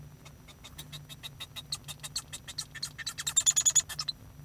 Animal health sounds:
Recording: song of a male Bengalese finch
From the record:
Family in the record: son of father 1

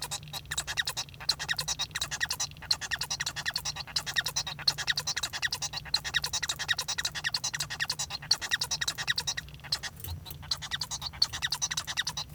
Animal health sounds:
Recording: song of a male Bengalese finch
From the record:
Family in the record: son of father 1

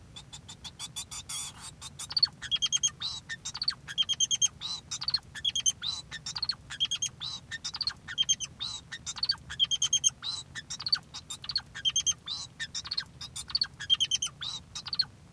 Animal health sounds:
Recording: song of a male Bengalese finch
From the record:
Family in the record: son of father 2

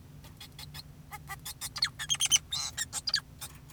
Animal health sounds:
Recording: song of a male Bengalese finch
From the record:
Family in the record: son of father 2, and himself father 4

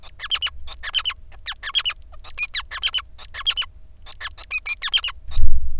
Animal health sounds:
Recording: song of a male Bengalese finch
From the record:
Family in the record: son of father 5

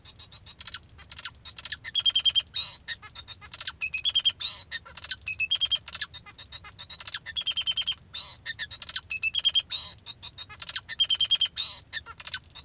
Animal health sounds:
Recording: song of a male Bengalese finch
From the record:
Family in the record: father 2

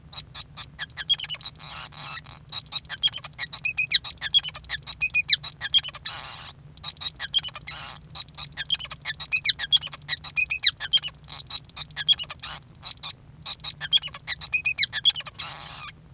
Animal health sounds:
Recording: song of a male Bengalese finch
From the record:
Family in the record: son of father 5

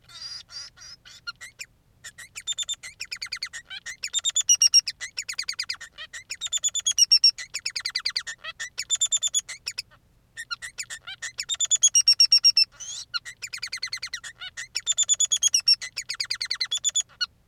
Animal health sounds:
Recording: song of a male Bengalese finch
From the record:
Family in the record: son of father 3

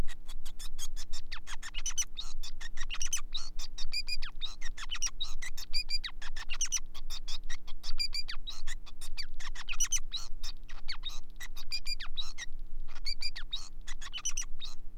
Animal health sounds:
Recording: song of a male Bengalese finch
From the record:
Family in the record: son of father 5

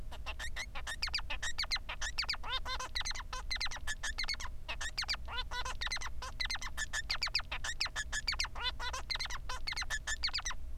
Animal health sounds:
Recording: song of a male Bengalese finch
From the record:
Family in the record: son of father 3

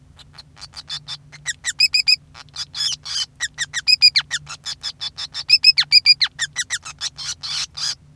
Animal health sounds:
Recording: song of a male Bengalese finch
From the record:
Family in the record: son of father 5

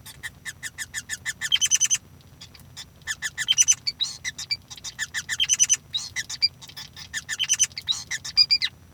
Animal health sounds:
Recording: song of a male Bengalese finch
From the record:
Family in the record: son of father 5

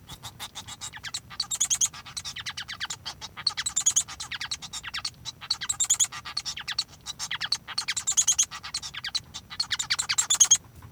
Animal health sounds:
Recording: song of a male Bengalese finch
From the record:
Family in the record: son of father 1

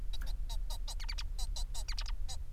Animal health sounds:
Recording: song of a male Bengalese finch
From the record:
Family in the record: son of father 4

